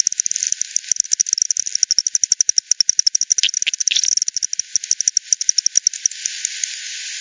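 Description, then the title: Bat echolocation clicks in rapid trains, then thinning out and fading after about six seconds. "bat 20201007 T 18 : 10 Z-Hogsmill-Lane-Hogsmill-River-multiple-bats-FD 10"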